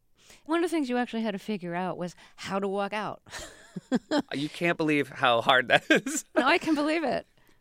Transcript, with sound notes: One of the things you actually had to figure out was how to walk out.
(LAUGHTER)
You can't believe how hard that is.
No, I can believe it.